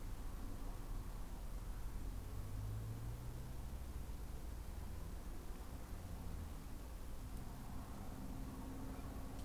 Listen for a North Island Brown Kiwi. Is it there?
no